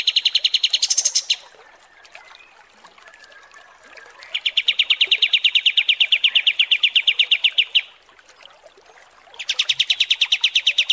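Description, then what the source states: Kapas tembak song in three separate rapid trills of repeated buzzy notes. The first jumps higher at its end, and quiet gaps lie between bursts. Masteran training recording of kapas tembak song.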